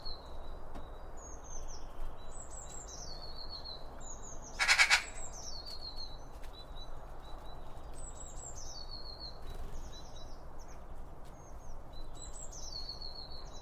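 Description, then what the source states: Bird song, high whistled phrases with short trills repeating steadily, a loud click near five seconds, over low background hum. Several birds around a bird feeder, recorded with two OM 1 microphones from Line Audio.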